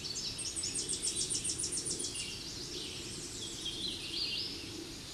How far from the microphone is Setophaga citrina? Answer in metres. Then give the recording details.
about 45 m. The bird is about level with the microphone. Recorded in a Pennsylvania forest on 16 May 2024 at 07:37. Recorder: AudioMoth, point MSD-2305. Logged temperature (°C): 16.9 °C. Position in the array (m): 30 m, 153 m